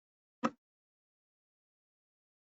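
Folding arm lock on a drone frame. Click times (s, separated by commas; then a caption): 0.4 s. A folding M600 drone frame arm is raised and its rotating locking collar is turned until the detent engages, giving a single sharp click at 0.5 s followed by silence. The arm lock seats into place.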